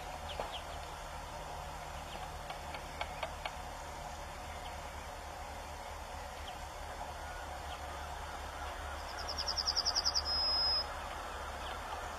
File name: Canto da escrevedeira amarela